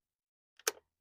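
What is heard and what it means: The release button on a plastic handheld handle is pushed down to slide the handle off a cordless spa vacuum body. A faint tick at about 0.6 s is followed by a sharp click from the button at 0.7 s, with a short rattle trailing off by 0.8 s. The button clicks open and the handle is released.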